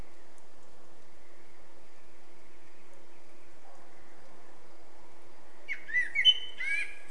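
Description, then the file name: Eurasian blackbird giving one short phrase near the end, a fluty note followed by a high squeaky twitter, after a long quiet stretch with a faint steady hum. "Turdus merula"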